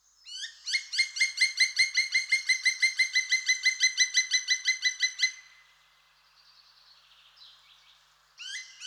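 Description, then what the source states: Black woodpecker giving a fast, even series of many loud, ringing notes for nearly five seconds, then quiet, with another call starting at the end. Song described as a series of 'quick, quick, quick' notes, or 'kia'.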